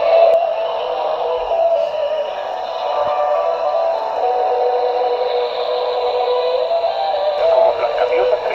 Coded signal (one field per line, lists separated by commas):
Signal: FT8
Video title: Build a Raspberry Pi Pico SDR Radio with Waterfall Display